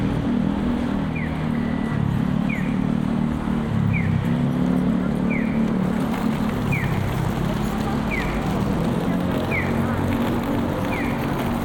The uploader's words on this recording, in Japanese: 喧騒と静寂の街を歩く（Binaural）-Walk around the city。バイノーラルで街を歩いてみました。